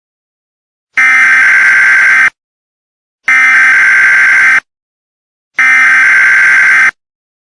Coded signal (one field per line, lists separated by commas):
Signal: Emergency Alert System (SAME) tones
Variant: header bursts